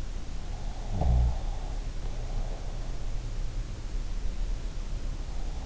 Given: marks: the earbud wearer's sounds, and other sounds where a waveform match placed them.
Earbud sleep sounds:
sounds in sleep by an in-ear microphone; snoring breath
0.76-2.75 s: snoring breath

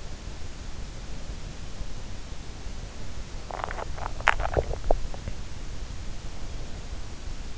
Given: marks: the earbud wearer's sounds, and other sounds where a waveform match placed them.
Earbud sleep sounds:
sounds in sleep by an in-ear microphone; teeth grinding
3.39-5.46 s: teeth grinding

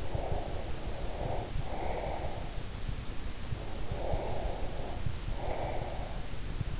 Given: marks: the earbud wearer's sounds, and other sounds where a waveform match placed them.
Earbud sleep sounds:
sounds in sleep by an in-ear microphone; breath
0.00-2.63 s: breath
3.48-6.42 s: breath

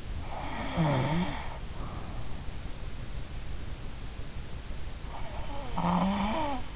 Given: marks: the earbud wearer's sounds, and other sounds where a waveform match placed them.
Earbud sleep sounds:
sounds in sleep by an in-ear microphone; snoring breath
0.18-2.51 s: snoring breath
5.07-6.76 s: snoring breath

